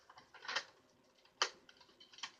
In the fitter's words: It just kind of clicks back into place like that, nice and snug.